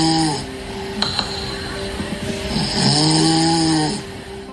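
An adult sleeper snoring normally: two tonal, buzzy snores with a low fundamental and stacked harmonics, separated by quieter breathing. Ordinary snoring, no problem.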